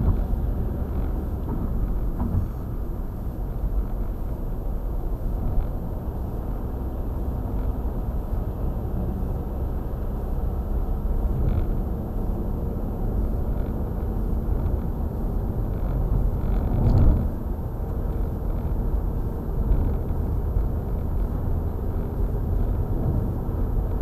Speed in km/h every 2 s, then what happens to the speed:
78, 73, 68, 74, 77, 81, 85, 88, 90, 90, 94, 95.
0-5 slows to 68. 5-24 speeds up to 95.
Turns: none.